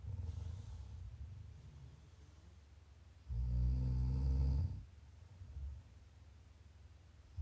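Deep, rattling snores recurring every few seconds, with quiet breathing between: ordinary adult snoring, made as ASMR for sleep and relaxation.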